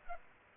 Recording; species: mosquito wingbeat signal from an infrared sensor; Culex pipiens